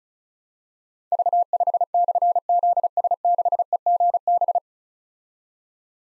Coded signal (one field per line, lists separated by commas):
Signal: Morse code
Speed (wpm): 36 wpm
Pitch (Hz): 700 Hz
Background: none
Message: V5/ZS6EGB